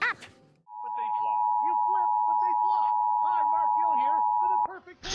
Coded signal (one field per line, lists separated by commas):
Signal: Emergency Alert System (SAME) tones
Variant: 853 and 960 Hz attention tone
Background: speech